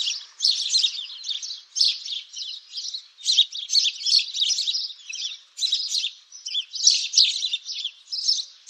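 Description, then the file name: Meadow birds: high-pitched twittering and chirping phrases in quick bursts with short gaps. "Nagranie odgłosów ptaków na łące"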